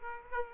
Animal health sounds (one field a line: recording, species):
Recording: mosquito wingbeat signal from an infrared sensor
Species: Aedes aegypti